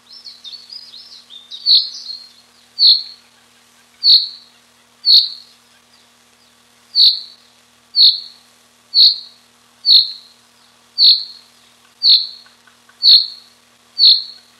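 Common chaffinch calls: a short, bright single note repeated about once a second, after a brief burst of jumbled twittering at the start.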